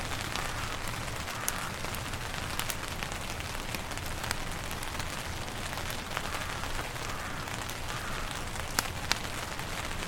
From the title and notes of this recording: Rain on a Tarp in High Wind with a Crackling Fire. Relax to the sound of camping in the woods under a tarp. High winds blowing through the trees, rainfall on the tarp above keeping the hammock and crackling campfire dry and protected.